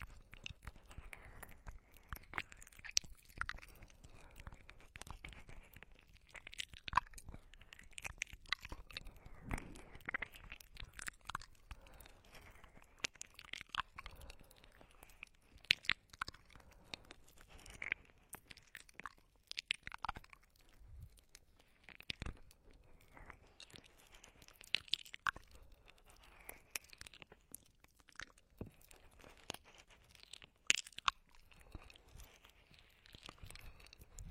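Close oral sounds, very near and dry: rapid clicks, crunches and wet smacks arrive in dense, irregular bursts throughout. Sharp bright snaps stand out around 3, 7, 10, 25 and 31 seconds, over a quiet, low background between events.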